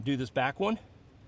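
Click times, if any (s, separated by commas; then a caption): none. On a 2019 Lincoln Navigator, the electrical wiring connector is being handled to push it onto the ignition coil-on-plug at the rear cylinder while someone talks. Nothing has seated or clicked yet in this clip.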